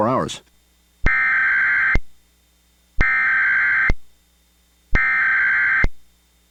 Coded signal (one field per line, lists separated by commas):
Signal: Emergency Alert System (SAME) tones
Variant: header bursts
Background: speech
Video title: EAS Mock - The 2011 Test